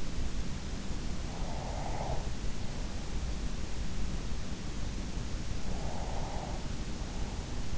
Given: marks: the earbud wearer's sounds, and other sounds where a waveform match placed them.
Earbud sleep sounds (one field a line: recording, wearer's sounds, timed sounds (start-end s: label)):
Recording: sounds in sleep by an in-ear microphone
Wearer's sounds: breath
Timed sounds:
1.28-3.26 s: breath
5.55-7.32 s: breath